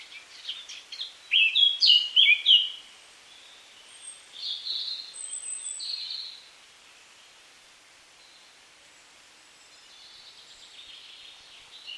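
Eurasian Blackcap song, a short, loud burst of rapid warbled notes followed by softer drawn-out whistled phrases and a faint warble near the end.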